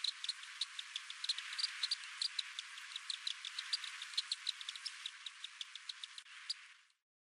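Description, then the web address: Black swift calling: a rapid, irregular run of sharp, high clicking chips, several each second, over a steady background hiss. Western USA. "Songs of Birds of North America Western USA Songbirds. Black Siwft"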